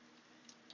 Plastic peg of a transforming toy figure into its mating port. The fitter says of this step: Nice click when that came together.